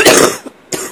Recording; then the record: coughing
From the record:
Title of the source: 34 coughing up crap again